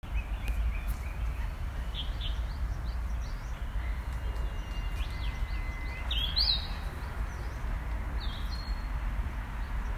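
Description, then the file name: Brownish-flanked bush warbler song: a long, steady, thin whistle that ends in a sudden explosive burst of higher notes, with other birds chirping and a low rumble throughout. Recorded 18 April 2021. "Horornis-fortipesv-2021-04-18"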